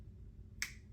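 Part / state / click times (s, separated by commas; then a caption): earbud into charging case slot / seated / 0.6 s. An earbud is placed into its slot in a plastic charging case and clicks in magnetically at 0.6 s with a single sharp, bright snap over a low background hum. The click shows the earbud is seated and charging.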